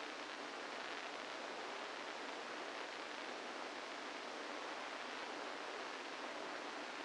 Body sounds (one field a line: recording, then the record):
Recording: brain microelectrode recording played as sound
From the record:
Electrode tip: inside the subthalamic nucleus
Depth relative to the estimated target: -1 mm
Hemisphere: left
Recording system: NeuroSet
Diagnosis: Parkinson's disease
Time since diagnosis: 8 years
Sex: male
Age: 65 years